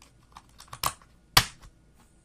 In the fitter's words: And then click right in.